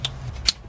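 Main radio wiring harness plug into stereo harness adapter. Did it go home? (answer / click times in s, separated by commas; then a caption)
yes / 0.5 s. A Toyota Avalon's main radio wiring harness connector is plugged into the aftermarket stereo harness adapter during a car stereo install. A brief sharp tick at 0.05 s is followed by a low steady hum, then a loud, sharp click at 0.5 s as the connector seats.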